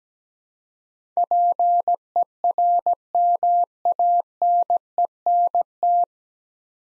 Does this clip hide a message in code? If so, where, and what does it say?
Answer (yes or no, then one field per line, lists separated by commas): yes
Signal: Morse code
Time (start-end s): 1.2-6.0 s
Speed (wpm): 17 wpm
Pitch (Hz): 700 Hz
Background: none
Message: PERMANENT